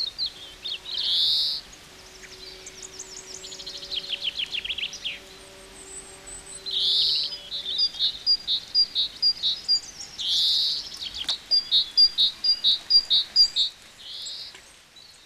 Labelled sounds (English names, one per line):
European Greenfinch song